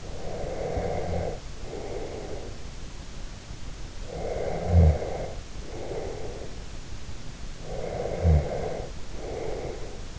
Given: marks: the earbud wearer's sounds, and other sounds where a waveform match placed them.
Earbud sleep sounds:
sounds in sleep by an in-ear microphone; snoring breath
0.00-2.62 s: snoring breath
4.11-6.54 s: snoring breath
7.54-10.19 s: snoring breath

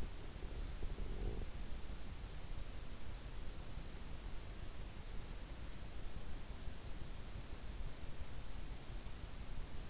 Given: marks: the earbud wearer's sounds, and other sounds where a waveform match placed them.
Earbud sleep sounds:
sounds in sleep by an in-ear microphone; snoring breath
0.00-2.10 s: snoring breath

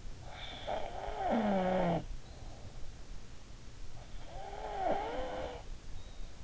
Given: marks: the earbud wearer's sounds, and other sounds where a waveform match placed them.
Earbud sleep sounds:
sounds in sleep by an in-ear microphone; snoring breath
0.27-2.84 s: snoring breath
4.27-6.22 s: snoring breath

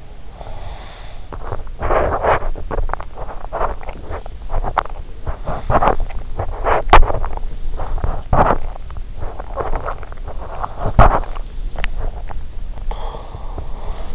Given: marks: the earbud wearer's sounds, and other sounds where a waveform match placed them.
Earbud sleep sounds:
sounds in sleep by an in-ear microphone; breath, body movement, swallowing
0.00-1.36 s: breath
1.74-14.15 s: body movement
9.19-14.15 s: swallowing

